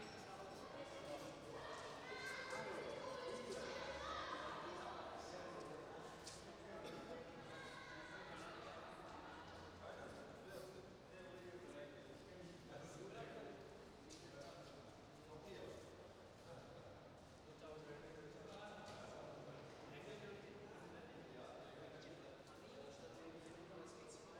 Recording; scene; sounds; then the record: everyday scene through a hearing-aid microphone; reverberant space; background noise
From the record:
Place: railway station hall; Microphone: in the ear canal, right